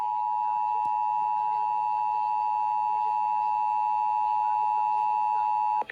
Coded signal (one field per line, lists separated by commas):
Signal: Emergency Alert System (SAME) tones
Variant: 853 and 960 Hz attention tone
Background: speech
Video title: (EAS #431 - #434) A POST HOLIDAY SLUMP - EAS Tests from 12/21/21 - 12/22/21